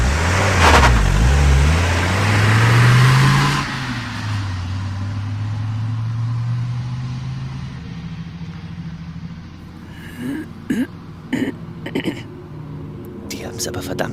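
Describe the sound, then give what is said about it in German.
A car engine revs with a rising pitch, then settles into a steady low hum that fades as the vehicle pulls away, followed by a few short voiced sounds. “Dass ich sie hab fahren lassen.”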